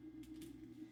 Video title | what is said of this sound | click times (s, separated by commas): Colostomy care video | and I make sure that I can hear it click. That way I know that it it | 0.4 s